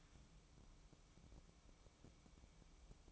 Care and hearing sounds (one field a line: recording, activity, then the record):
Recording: daily activity, microphone in the room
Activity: take from stove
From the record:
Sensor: 1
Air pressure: 1008.1 hPa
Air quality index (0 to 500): 135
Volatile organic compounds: 2 ppm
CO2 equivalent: 1135 ppm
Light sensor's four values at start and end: 8/18/7/8 and 8/18/7/8